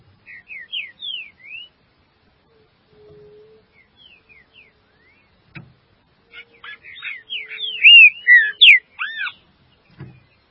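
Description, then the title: Green-winged saltator song: a soft run of short slurred whistles, then a louder burst of rich, rising and falling whistled notes near the end. "Trinca Ferro"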